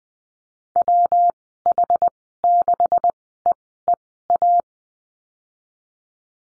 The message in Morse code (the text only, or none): WH6EEA